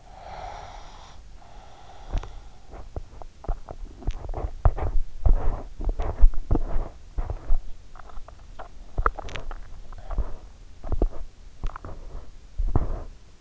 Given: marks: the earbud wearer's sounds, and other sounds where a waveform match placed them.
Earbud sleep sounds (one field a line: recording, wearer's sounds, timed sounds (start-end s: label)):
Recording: sounds in sleep by an in-ear microphone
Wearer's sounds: breath, teeth grinding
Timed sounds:
0.00-2.09 s: breath
2.09-13.41 s: teeth grinding